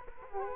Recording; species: mosquito wingbeat signal from an infrared sensor; Culex quinquefasciatus